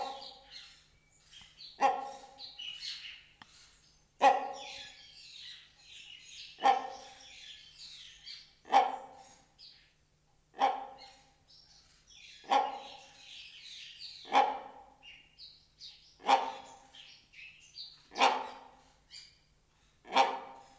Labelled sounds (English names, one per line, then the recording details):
Great Hornbill
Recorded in captivity
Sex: pair
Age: adult
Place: Zoo Berlin, Berlin, DE
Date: 1992-04-04 10:13
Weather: bedeckt, 5-8°C
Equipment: Nagra SN, Mikrofon AKG CK 8, Kopie Tesla B 116
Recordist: Tembrock, Günter